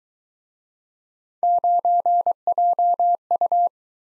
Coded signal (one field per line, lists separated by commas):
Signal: Morse code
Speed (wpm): 23 wpm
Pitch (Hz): 700 Hz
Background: none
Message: 9JU